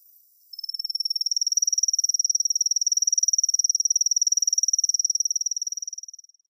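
Kusahibari cricket song, a high, fast pulsed trill that begins suddenly, holds steady for nearly six seconds, then fades away at the end.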